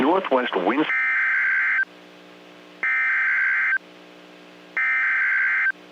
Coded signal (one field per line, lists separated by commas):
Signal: Emergency Alert System (SAME) tones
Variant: header bursts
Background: speech